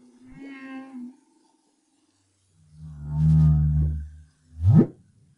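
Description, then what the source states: Humpback whale song: a short level moan, a pause, a deep rumbling groan, then a steep upsweeping whoop. 2011, BRAHSS project.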